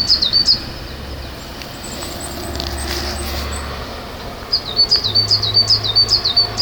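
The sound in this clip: Bird calls: bursts of high, thin chirps in quick series at the start and again after a pause, over a low steady rumble.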